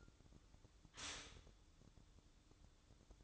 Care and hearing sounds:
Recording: daily activity, microphone in the room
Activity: stop toaster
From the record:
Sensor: 3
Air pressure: 1007.0 hPa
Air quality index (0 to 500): 53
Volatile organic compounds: 1 ppm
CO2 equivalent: 589 ppm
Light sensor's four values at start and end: 8/19/8/8 and 8/19/8/8

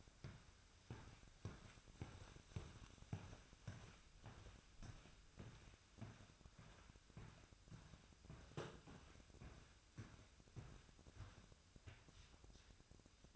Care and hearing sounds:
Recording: daily activity, microphone in the room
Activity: walk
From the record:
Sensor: 2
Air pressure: 1001.5 hPa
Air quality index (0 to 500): 228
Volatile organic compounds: 26 ppm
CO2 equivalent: 2862 ppm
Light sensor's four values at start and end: 8/28/11/10 and 8/28/11/10

